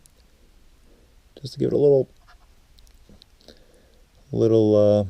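Someone presses the small plastic ball joint of a vintage G.I. Joe Cobra S.N.A.K.E. action figure part into its socket after wetting it, with faint light ticks and handling scrapes between two bursts of talk. Nothing has seated or clicked into place yet.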